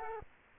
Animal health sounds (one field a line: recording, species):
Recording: mosquito wingbeat signal from an infrared sensor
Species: Aedes aegypti